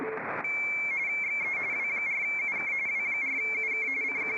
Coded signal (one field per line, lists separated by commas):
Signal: RTTY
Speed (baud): 45.45 baud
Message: XE W4UK W4UK CQ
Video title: 40M Rtty Fun and other digital modes